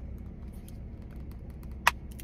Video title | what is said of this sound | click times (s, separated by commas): THE BEST CAR CHARGER! - LASFIT Wireless Car Charger! #meandcarkeys #kickinitwithq #lasfit | You're gonna hear it snap, | 1.9 s